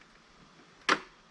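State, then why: Seated. A retaining clip on a trim or body part of a Mercedes R129 is pressed into the car body. After quiet low hiss, a single sharp, bright click snaps at 0.9 s and fades quickly. The clip seats with that click.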